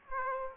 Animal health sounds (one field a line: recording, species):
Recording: mosquito wingbeat signal from an infrared sensor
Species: Aedes aegypti